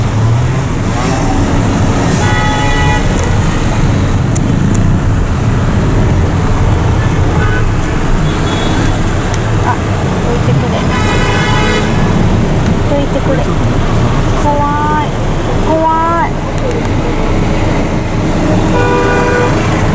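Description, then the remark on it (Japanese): Dense, constant roar of road traffic at the Arc de Triomphe in Paris, on a road without lane markings, with repeated car horns honking in short bursts and longer blasts, some rising in pitch, while people talk over the din. “交通量がなんか、なんかもうここ絶対引いた方がいいですよね、道路の線。”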